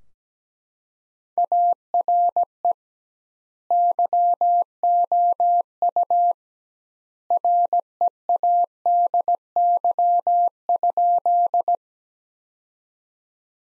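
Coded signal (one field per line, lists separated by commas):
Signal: Morse code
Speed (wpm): 17 wpm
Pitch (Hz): 700 Hz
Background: none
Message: ARE YOU READY?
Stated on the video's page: Morse sentence practice built from the top 400 words at 17 wpm, with twice the standard word spacing, similar to Farnsworth.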